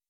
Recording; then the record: hydrophone in a shrimp aquaculture tank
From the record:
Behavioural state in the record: weakened